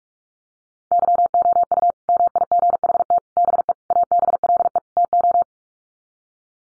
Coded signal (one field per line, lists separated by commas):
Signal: Morse code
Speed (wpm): 44 wpm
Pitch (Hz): 700 Hz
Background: none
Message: YOU MIGHT BE ABLE TO